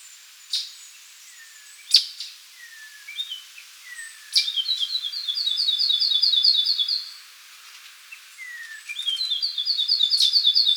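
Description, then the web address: Rufous wren song, rapid buzzy trills of repeated high notes in two long phrases, with scattered chirps and short falling whistles between. Ecuador. "Natures Songs S America Birds of Ecuador. Rufous Wren"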